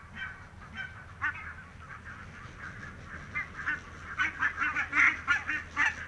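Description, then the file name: Barnacle goose flock calling, sharp yapping barks from several birds, sparse at first and then crowding together and growing louder toward the end. "valkoposkihanhi"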